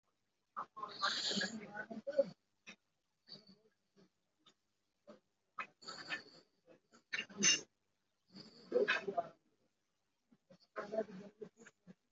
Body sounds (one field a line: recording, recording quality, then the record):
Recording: deep breathing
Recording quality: moderate, slight background noise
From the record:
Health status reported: COVID-19 positive, mild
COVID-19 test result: positive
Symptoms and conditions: cough, chronic lung disease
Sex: male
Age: 52 years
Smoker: not ticked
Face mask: not worn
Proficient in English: yes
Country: India